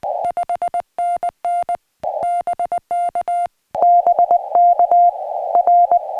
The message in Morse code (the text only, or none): 5NN BK BK R